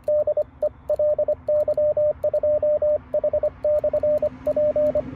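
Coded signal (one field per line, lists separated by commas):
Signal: Morse code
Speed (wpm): 25 wpm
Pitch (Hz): 590 Hz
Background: radio noise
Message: DE LY2H/P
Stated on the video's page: Portable HF operation with an Icom IC-705 at 10 W and a Buddistick antenna.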